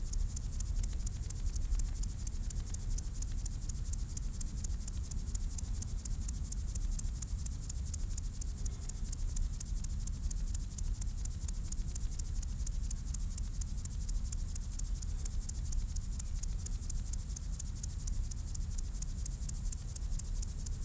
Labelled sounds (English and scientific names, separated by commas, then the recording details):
Upland Field Grasshopper (Chorthippus apricarius) stridulation
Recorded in the wild
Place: Blankenfelde, Berlin, DE
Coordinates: 52.625, 13.404
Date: 1992-08-09 10:14
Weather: sonnig, 26-29°C
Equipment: Marantz CP 430, Sennheiser ME 80, Kopie Tesla B 116
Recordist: Tembrock, Günter